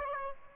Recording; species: mosquito wingbeat signal from an infrared sensor; Aedes aegypti